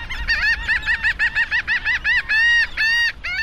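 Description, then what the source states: Laughing gulls calling, a rapid series of nasal, buzzy 'ha' notes that lengthen into drawn-out wailing calls toward the end. Colony of laughing gulls perched atop an old ship mast washed ashore on Eastern Egg Rock, southern coast of Maine.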